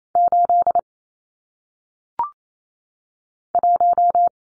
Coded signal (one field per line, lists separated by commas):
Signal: Morse code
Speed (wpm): 28 wpm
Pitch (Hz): 700 Hz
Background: none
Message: 8 1